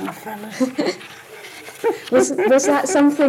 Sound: laughs

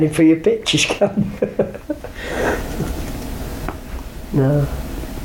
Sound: laughs

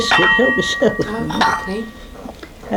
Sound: laughs

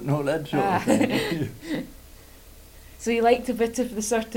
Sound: laughs

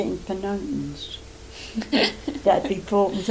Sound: laughs

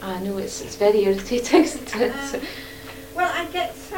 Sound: laughs

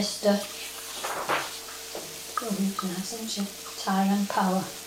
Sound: turns pages

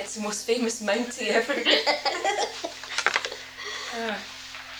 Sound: laughs

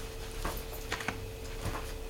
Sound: turning pages

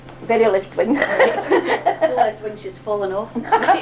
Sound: laughs

